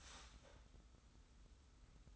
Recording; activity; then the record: daily activity, microphone in the room; start toaster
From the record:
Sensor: 3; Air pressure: 990.7 hPa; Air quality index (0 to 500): 157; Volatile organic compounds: 689 ppm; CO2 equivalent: 5031 ppm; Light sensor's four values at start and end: 34/80/32/30 and 34/80/32/30